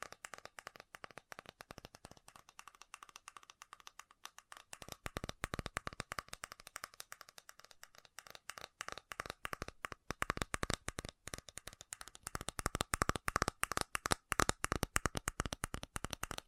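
Fast tapping in quick, dense bursts of sharp clicks, lightly spaced at first and growing busier and louder after the midpoint. The taps come in rapid uneven runs with brief gaps, over a faint steady hum.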